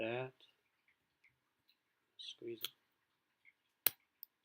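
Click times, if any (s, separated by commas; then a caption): 3.9 s. A Mercedes-Benz C280 key fob's back shell is squeezed back onto the fob body after a battery change, with someone talking first. A sharp click at 3.9 s marks the two plastic halves snapping shut and seating, followed by a smaller tick at 4.2 s.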